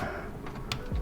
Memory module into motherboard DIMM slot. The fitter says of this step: should click in